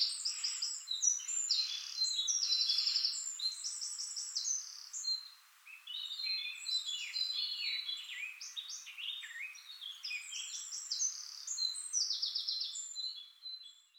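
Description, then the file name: Eurasian blackcap song: continuous rapid scratchy warbling with chattering and whistled elements throughout, mostly high-pitched, with steady hiss behind. "Sylvia atricapilla"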